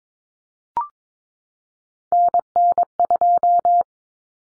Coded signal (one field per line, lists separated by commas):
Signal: Morse code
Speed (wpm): 22 wpm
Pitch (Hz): 700 Hz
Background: none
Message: NN2